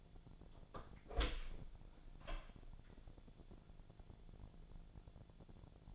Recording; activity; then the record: daily activity, microphone in the room; open door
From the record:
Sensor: 5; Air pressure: 1000.6 hPa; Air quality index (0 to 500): 156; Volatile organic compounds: 2 ppm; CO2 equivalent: 1202 ppm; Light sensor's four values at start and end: 48/113/47/50 and 48/112/47/50